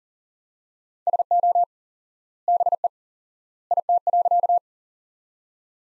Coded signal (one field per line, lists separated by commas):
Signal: Morse code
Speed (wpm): 40 wpm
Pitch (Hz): 700 Hz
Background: none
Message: SO BE IT.